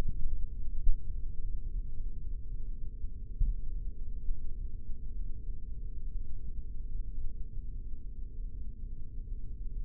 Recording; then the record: forearm muscle sounds (acoustic myography)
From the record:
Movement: rest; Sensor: system 3, bracelet of six PUI Audio POM-2738L microphones around the upper forearm, with dedicated amplification and filtering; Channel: 4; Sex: male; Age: 26 years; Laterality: right